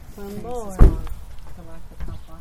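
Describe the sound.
A car door is opened for passengers to get in, giving one solid, low thunk that stands out loudly over people talking, with conversation carrying on before and after it.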